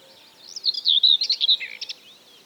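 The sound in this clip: Common whitethroat singing one short burst of rapid, scratchy warbling phrases that ends abruptly.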